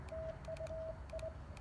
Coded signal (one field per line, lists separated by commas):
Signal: Morse code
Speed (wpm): 22 wpm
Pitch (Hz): 630 Hz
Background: radio noise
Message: TU I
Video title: CW Cootie POTA Activation of K-1001 using Elecraft KX1, KXPD1 paddles and a unique home-brew EFHW